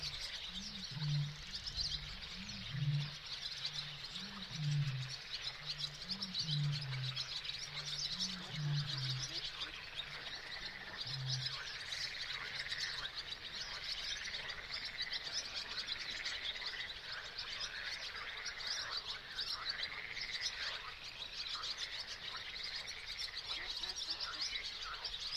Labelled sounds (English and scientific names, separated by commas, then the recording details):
Barn Swallow (Hirundo rustica) song
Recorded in the wild
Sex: group
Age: adult
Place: Kützerhof, Kummerower See, Mecklenburg-Vorpommern, DE
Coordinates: 53.8556, 12.8628
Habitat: wetland
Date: 2010-06-10
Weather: 15°C, almost no wind
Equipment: Sound Devices 702, Sennheiser MKH 70, Rycote Windschutz
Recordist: Frommolt, Karl-Heinz